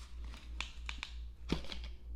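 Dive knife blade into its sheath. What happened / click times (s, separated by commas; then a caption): The blade did not lock into its sheath / none. A commemorative Doxa dive knife is pushed into its sheath, which is still mounted on a cardboard display. Sharp little ticks at 0.6, 0.9 and 1.0 seconds are followed by softer scraping contacts around 1.5 and 1.7 seconds over a steady low hum. The cardboard interferes and the knife does not lock, so nothing has clicked into place yet.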